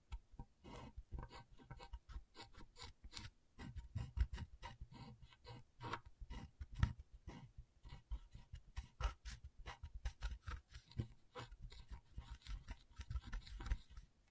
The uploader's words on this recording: ASMR Brain Tingling Scratchboard (No Talking).